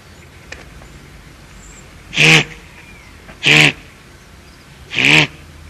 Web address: guanaco